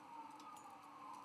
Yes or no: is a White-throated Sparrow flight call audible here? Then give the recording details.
no. No flight call is heard. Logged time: 01:40 on 17 November 2014